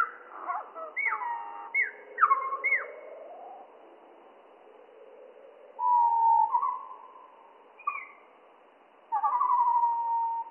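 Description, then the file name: Spotted flycatcher song, slowed: a few drooping whistled swoops early on, then separate drawn-out flat whistles, with quiet gaps between phrases. Slowed down three octaves, mono. "GOBE MOUCHE GRIS MOINS TROIS OCTAVES MONO"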